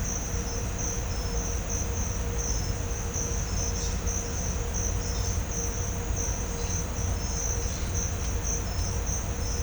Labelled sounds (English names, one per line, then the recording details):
none
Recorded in pastures near Puerto Asís, Putumayo, Colombia, on 20 December 2024 at 06:30
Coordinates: 0.502, -76.324
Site G077